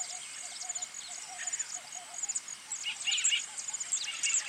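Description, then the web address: Birds twittering with high chirps and short trills, while low soft notes repeat in the background. Birds singing in a bird park. "zvuk peniya ptits v parke ptits eschyo park ptits"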